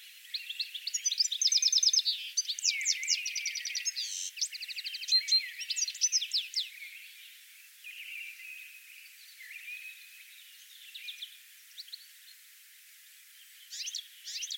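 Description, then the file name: European goldfinch song: a rapid, tinkling jumble of twittering and buzzy trills, loud for the first six seconds, then softer scattered twitters and a brief renewed burst near the end. "Stieglitz Gesang"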